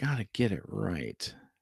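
A connector bar joining two plastic pieces of a transforming action figure is handled while the figure is being changed into vehicle mode. Someone talks throughout. Nothing has seated or clicked yet, and the bar has not snapped into place.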